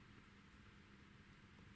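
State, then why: Not seated. A crimped pin terminal on a wire, being serviced on a Focusrite ISA428, is handled and fed toward a plastic connector housing where its catch hook will engage a small window. Only a steady broadband hiss with a low hum is heard, with no distinct transients. Nothing has seated or clicked yet.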